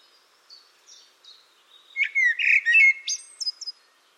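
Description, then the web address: Bird song: faint high notes lead into a loud jumble of whistles and buzzy chirps, ending with a few thin high tweets. "cianscape birddata Deverinetal 2025 File origin Bird Only Tu Me Tu Me"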